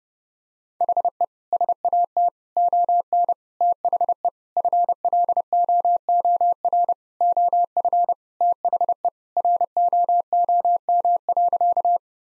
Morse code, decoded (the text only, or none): HE SAT ON THE FLOOR OF THE ROOM.